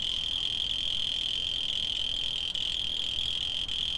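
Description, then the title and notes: A cricket's continuous shrill trill holds level and high, with a couple of brief dips near the end, over a soft low rumble. Field recordings made in Tavira, Tangier, Lima and Bhubaneswar. "ACA - Grabaciones de campo. Grillo 2. grabaciones hechas en tavira, tangier, lima, bhubanshwar"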